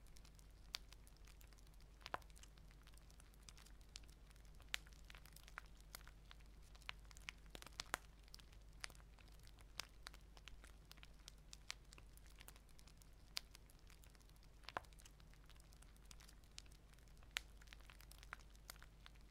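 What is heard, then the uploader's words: An open fire crackles steadily, with sharp pops and snaps scattered irregularly throughout, several every second and a few louder ones standing out. Beneath the crackling runs a constant low hum that stays unchanged from start to finish. Crackling open fire sounds.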